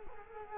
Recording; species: mosquito wingbeat signal from an infrared sensor; Culex quinquefasciatus